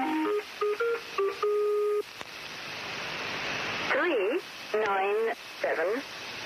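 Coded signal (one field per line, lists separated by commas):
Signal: numbers station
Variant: Lincolnshire Poacher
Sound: electronic organ-like melody notes, then hiss and warbling, wavering tones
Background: radio static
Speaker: known as the Lincolnshire poacher this is what it sounds like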